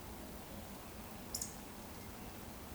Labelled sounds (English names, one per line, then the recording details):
Eurasian Woodcock whistle
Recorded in Baden-Württemberg, Germany, on 15 June 2020 at 19:34 UTC
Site 14569, 102 m above sea level